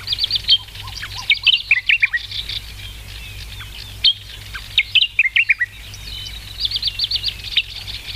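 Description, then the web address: Sakhalin grasshopper warbler giving short phrases of sharp falling notes, twice, among other high chirps and trills. "sikioto birds ezosenyo"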